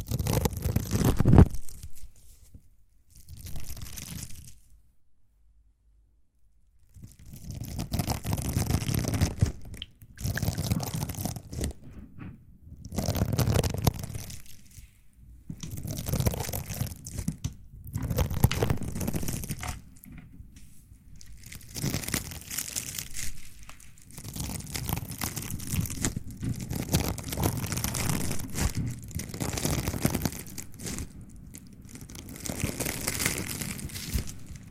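Mouth sounds and mic handling come in bursts of wet, crunchy, crinkling noise, each lasting a few seconds and separated by short silences. The bursts grow longer and steadier after about 22 seconds, with soft rubbing and gripping textures running nearly continuously.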